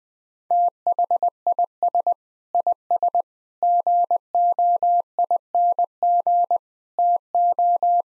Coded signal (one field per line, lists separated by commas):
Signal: Morse code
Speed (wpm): 20 wpm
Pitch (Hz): 700 Hz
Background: none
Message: THIS IS GOING TO